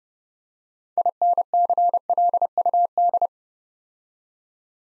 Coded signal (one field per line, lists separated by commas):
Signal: Morse code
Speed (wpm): 30 wpm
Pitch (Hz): 700 Hz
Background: none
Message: INCLUD